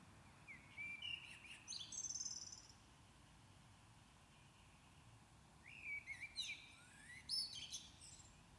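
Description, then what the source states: Common blackbird giving two song phrases several seconds apart, each a bright whistled run rising into high twittering notes, with faint hiss in the background. Recorded at Maindy.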